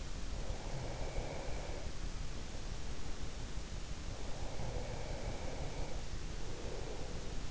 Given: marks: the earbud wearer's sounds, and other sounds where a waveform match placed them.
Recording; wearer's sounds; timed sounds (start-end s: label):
sounds in sleep by an in-ear microphone; breath
0.30-2.50 s: breath
4.12-7.51 s: breath